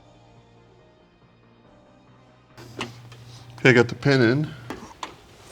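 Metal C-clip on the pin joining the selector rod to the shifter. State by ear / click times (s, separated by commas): not seated / none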